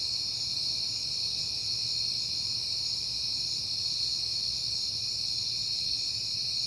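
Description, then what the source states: Crickets in a steady high chorus of overlapping chirps, unbroken and even, with a faint low hum in the background. Crickets on a peaceful night in September.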